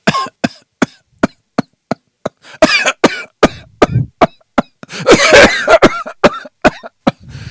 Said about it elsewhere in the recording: It's increasing. Yeah, so it's up and down for almost like 5 minutes. Then you want to suspect asthma. But for asthmatic patients, they get bouts of cough.